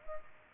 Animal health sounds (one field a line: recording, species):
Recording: mosquito wingbeat signal from an infrared sensor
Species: Culex pipiens